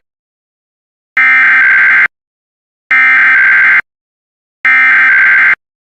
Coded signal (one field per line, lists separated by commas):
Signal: Emergency Alert System (SAME) tones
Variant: header bursts